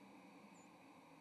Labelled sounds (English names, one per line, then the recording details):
White-throated Sparrow flight call
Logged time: 06:21 on 30 October 2014